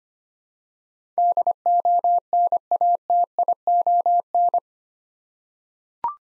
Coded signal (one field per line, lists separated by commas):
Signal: Morse code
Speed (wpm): 25 wpm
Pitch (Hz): 700 Hz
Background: none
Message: DONATION